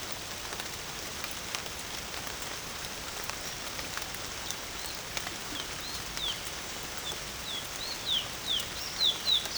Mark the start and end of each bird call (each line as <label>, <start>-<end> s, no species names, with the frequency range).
bird call (2.6-5.0 kHz), 5.48-6.35 s
bird call (2.4-4.8 kHz), 6.99-9.58 s